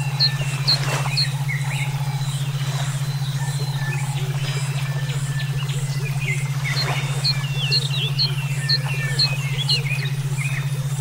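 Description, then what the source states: Songbirds giving scattered short chirps and whistles in loose bursts, with a continuous low hum running underneath. Used for songbird song training (omkicau), with brainwave therapy audio.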